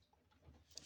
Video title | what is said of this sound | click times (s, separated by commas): Desarmando la 55H9E | escuchamos un clic y ya está | 0.8 s